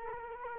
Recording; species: mosquito wingbeat signal from an infrared sensor; Culex quinquefasciatus